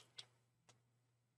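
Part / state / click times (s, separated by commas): bulb part into plastic model holder / seated / 0.2 s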